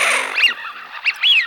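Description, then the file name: Eurasian wigeon whistled calls, a brief rushing noise burst first, then three rising-falling whistles, the final one drawn out. Intended for use as a hunting lure. "Свиязь Fischione"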